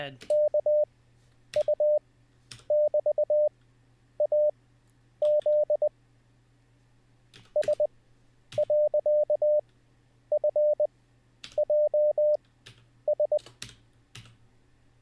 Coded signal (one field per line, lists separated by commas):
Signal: Morse code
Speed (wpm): 20 wpm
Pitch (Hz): 600 Hz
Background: none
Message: KU<BT>AZ S.FJS